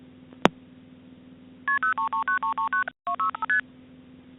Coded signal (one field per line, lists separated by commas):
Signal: multi-frequency trunk signalling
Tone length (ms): 120 ms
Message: KP0339339265ST